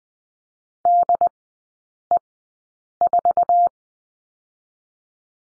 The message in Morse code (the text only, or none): DE4